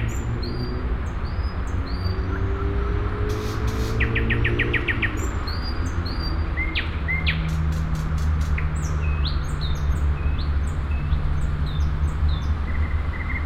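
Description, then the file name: Nightingale pouring out clicks, quick repeated trills and high slurred whistles, against a persistent low droning hum in the background. At Sergiyev Posad on 20 May 2011. "nightingale-sergiyevposad-200511"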